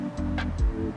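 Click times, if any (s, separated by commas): none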